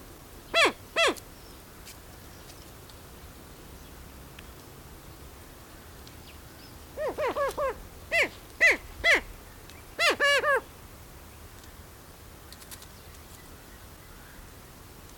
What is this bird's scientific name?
Tympanuchus cupido